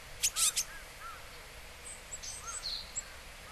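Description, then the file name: Japanese tit producing a quick burst of three harsh, buzzy notes, followed by faint thin whistles and soft high calls. Recorded in Hyogo, Japan. "sijuukara 5 0803 hyogo kaji"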